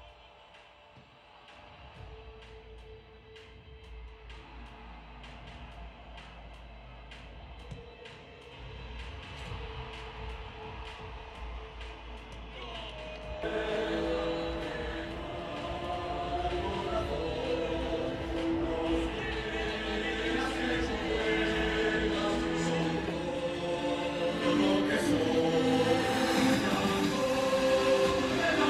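City sound from Madrid. It opens fairly quiet, with a low rumble and a steady humming tone. Around thirteen seconds it turns much fuller and busier, with overlapping voices and traffic noise that keep growing louder until the end.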